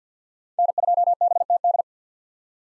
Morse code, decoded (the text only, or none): N2BTD